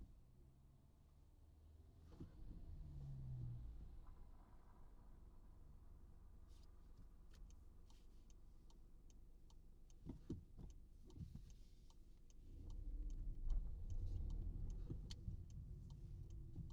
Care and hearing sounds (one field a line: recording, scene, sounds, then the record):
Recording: everyday scene through a hearing-aid microphone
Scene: in a vehicle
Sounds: engine, traffic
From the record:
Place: Skoda Fabia, gasoline engine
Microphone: in the ear canal, right